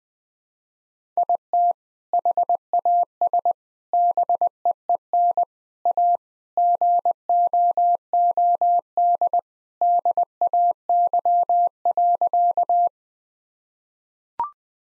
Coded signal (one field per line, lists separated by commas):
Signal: Morse code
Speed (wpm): 19 wpm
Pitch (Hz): 700 Hz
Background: none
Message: IT HAS BEEN A GOOD DAY.